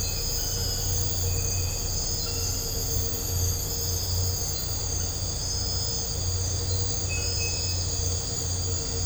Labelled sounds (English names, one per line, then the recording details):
none
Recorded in dense forest near Puerto Asís, Putumayo, Colombia, on 4 March 2025 at 04:00
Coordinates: 0.468, -76.322
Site GP01